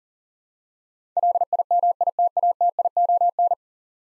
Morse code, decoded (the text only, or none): LIMITATION